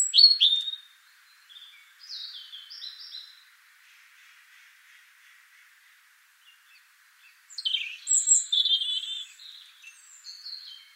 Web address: pub SETE data Erithacus rubecula